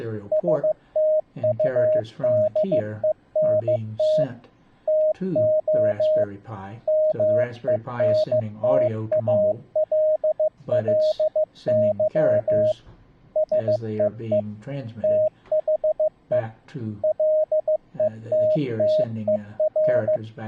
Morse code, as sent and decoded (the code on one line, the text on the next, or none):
... - ..- -.. . -. - / - --- / -- . -. - .- .-.. .-.. -.-- / ... . . / - .... . / .-.. . - - . .-.
STUDENT TO MENTALLY SEE THE LETTER